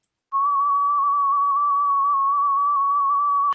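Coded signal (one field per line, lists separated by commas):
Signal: FT4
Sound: a single steady, faintly warbling tone for about three seconds, ending in a click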